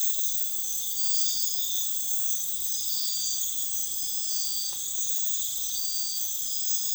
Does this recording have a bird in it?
no